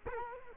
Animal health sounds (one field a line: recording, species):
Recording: mosquito wingbeat signal from an infrared sensor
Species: Culex quinquefasciatus